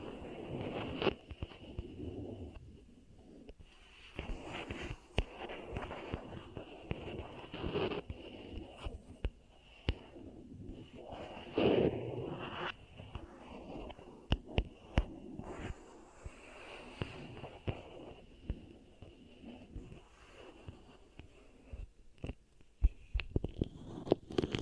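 Beeswax is squeezed and worked, giving a dense, sticky crackle full of small pops and sharp clicks that never stop for long. Fuller squishing bursts come around 1, 8 and 12 seconds, over a thin, steady high whine throughout.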